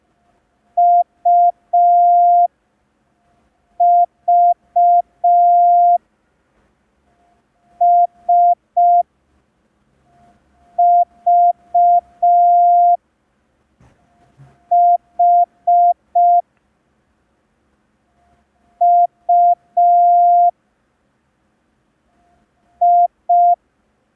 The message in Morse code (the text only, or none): UV S V H U I